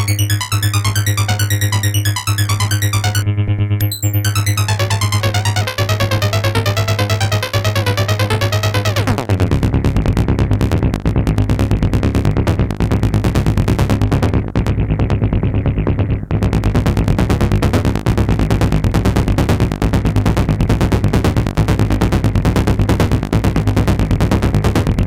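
Dense electronic tones pulse over a steady low hum, then shift near nine seconds into hard, rapid blips and crackling noise continuing to the end.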